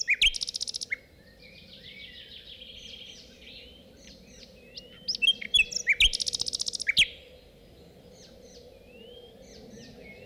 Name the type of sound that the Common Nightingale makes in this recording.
song